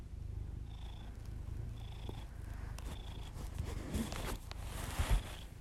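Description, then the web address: Cat purr, low rhythmic rumble, with soft breaths and a couple of louder rustling bumps toward the end. Pet cat purring, recorded alongside the owner's heavy breathing as ASMR audio. "Miss Because. Just Purrs [ASMR][Literally just my cat purring and my heavy breathing]"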